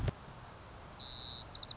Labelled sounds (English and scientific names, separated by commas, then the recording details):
White-crowned Sparrow (Zonotrichia leucophrys)
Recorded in Sonoma County, California